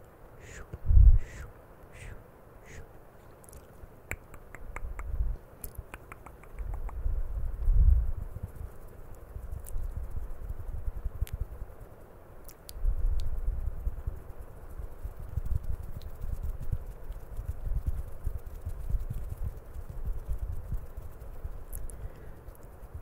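Camera handling noise with mouth sounds: low, muffled thumps and rubbing swell and fade throughout, with a heavy bump near the start and another around eight seconds. Sharp little clicks and smacks cluster in the first six seconds, then turn sparse.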